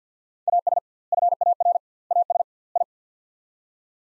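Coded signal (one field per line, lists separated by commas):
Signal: Morse code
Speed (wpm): 50 wpm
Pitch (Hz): 700 Hz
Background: none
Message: AS FAR AS I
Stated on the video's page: Morse practice of four-word sets at 50 wpm with 2x word spacing, a Farnsworth-like method applied to words.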